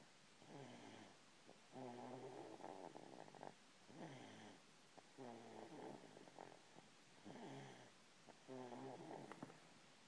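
Soft, regular snoring with a low, fluttering, purr-like rattle on both the in-breath and the out-breath, about 18 breaths a minute, from a content one-year-old at rest. The breathing is slow, steady and relaxed: ordinary snoring.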